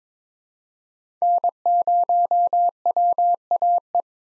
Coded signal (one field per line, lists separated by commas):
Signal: Morse code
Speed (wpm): 22 wpm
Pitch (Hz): 700 Hz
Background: none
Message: N0WAE